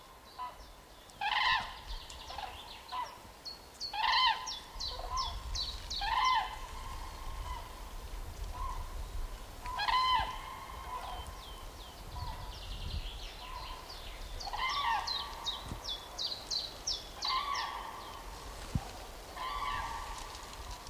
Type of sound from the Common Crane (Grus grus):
flight call